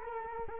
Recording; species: mosquito wingbeat signal from an infrared sensor; Culex quinquefasciatus